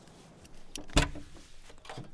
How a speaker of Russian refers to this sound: Закройте окно.